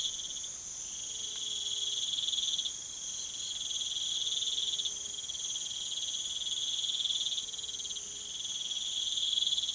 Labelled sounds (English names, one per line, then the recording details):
none
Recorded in pastures near Puerto Asís, Putumayo, Colombia, on 19 June 2025 at 00:00
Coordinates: 0.487, -76.322
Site H26